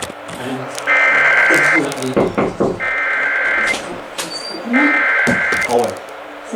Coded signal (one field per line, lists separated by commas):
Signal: Emergency Alert System (SAME) tones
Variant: header bursts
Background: speech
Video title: (EAS 1,000) The Day After "Celltral Valley" (EAS Alerts from 5/20-21/23) (EAS #996-1,008)